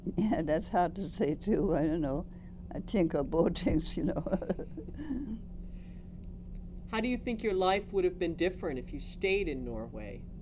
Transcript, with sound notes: Yeah, that's hard to say, too, I don't know. I think of both things, you know. (Chuckles)
How do you think your life would have been different if you stayed in Norway?